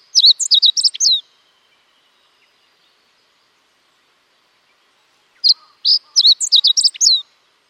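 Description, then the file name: Meadow bunting song: a quick, jumbled phrase of high, sharp chirping notes, repeated after a pause of about four seconds, with little else audible. "hoojiro"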